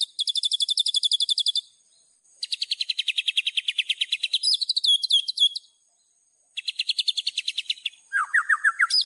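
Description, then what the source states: Streaked Spiderhunter song: bursts of quick high chips, some runs sliding lower, squeaky twitters between, ending with a lower, buzzier rapid series. Tutoring recording for training songbirds; song described as vigorous, clear and long.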